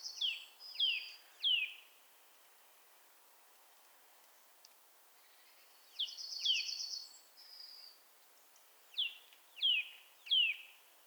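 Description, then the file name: Eurasian nuthatch calls: sharp descending whistles in short groups of two or three, separated by pauses and a brief buzzy trill, over faint background hiss. "Sitta europaea"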